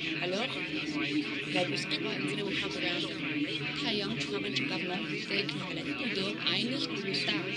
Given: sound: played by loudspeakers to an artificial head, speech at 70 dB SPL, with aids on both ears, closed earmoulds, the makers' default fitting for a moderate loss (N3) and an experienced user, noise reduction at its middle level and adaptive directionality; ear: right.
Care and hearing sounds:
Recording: speech test signal (ISTS) in cocktail-party noise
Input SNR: -6 dB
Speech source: on the right (90 degrees)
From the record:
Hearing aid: class 2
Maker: D

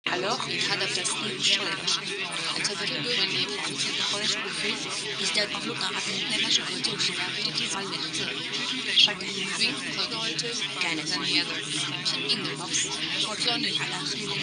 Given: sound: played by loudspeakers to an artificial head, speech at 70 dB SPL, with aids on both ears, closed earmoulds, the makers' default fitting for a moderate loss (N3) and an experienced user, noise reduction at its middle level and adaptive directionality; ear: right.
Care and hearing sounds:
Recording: speech test signal (ISTS) in cocktail-party noise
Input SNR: -6 dB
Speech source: on the right (90 degrees)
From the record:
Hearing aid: class 2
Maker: A

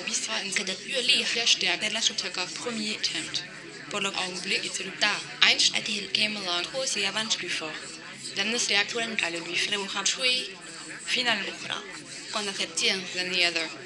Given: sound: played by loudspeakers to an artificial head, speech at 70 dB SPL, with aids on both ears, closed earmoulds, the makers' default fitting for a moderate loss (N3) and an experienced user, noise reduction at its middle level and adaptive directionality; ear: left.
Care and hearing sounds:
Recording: speech test signal (ISTS) in cocktail-party noise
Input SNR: +3 dB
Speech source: in front (0 degrees)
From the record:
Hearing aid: class 1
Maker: B

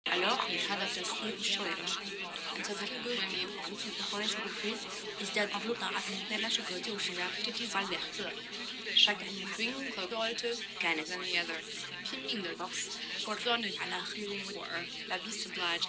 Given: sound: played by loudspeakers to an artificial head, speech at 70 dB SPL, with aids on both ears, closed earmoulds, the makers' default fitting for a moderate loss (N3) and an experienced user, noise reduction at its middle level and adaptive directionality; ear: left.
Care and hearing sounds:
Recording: speech test signal (ISTS) in cocktail-party noise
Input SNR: -3 dB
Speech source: in front (0 degrees)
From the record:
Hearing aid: class 1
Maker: E

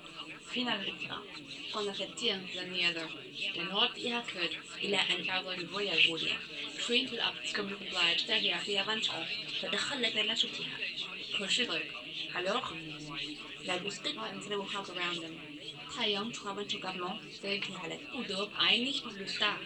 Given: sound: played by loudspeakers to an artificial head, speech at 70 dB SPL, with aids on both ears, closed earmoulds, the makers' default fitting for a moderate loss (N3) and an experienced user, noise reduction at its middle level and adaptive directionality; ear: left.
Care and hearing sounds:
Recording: speech test signal (ISTS) in cocktail-party noise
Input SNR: +9 dB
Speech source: on the right (90 degrees)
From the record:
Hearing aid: class 1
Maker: C

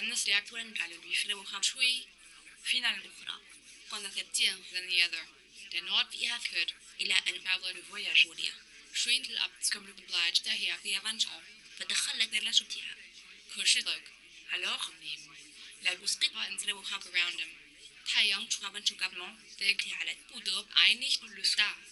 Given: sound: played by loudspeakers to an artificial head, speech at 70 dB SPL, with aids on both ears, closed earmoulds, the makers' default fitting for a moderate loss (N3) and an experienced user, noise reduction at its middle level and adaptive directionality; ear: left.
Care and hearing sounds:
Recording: speech test signal (ISTS) in cocktail-party noise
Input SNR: +9 dB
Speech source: in front (0 degrees)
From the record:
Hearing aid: class 2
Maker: J

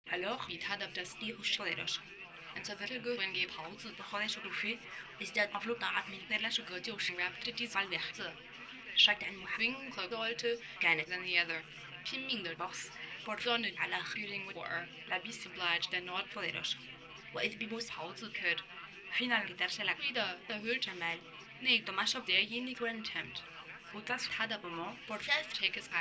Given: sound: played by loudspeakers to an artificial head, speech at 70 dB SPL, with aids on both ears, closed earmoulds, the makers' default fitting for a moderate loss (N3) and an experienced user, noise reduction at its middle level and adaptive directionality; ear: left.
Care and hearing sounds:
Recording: speech test signal (ISTS) in cocktail-party noise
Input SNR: +9 dB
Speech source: in front (0 degrees)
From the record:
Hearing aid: class 2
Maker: F

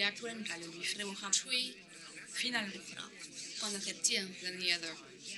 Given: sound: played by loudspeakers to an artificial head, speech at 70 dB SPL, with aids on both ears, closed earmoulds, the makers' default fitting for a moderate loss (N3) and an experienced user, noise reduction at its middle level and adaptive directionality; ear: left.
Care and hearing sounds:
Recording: speech test signal (ISTS) in cocktail-party noise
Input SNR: +6 dB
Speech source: in front (0 degrees)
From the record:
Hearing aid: class 1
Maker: H

